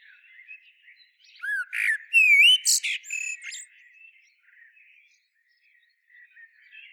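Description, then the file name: Common blackbird song: a mellow rising whistle and warbled notes that break into high scratchy twitters, with quiet birdsong behind. "Turdus merula"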